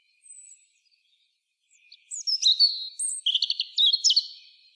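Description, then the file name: European robin song: a faint thin whistle, then a sparkling phrase of high notes, short trills and sharp chips. "Erithacus rubecula"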